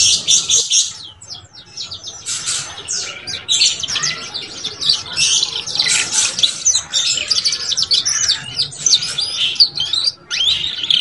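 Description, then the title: Canary song, a dense stream of high chirps, trills and buzzy phrases running almost without pause. Belgian canary song to warm up and stimulate young canaries to sing quickly and twitter. "Canto Para Esquentar Canário Belga. SUARA KENARI PAUD CUIT CUIT BELAJAR BUNYI - pancingan kenari paud muda agar cepat bunyi dan ngeriwik"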